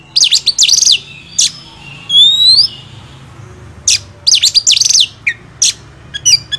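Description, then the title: Oriental magpie-robin chattering song of quick zigzag notes and a high upward whistled sweep. First-place champion (juara) song, used to teach other songbirds (masteran). "Masteran Kacer Juara"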